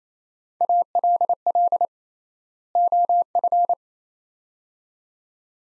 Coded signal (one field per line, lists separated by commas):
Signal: Morse code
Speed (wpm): 28 wpm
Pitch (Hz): 700 Hz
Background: none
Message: ALL OF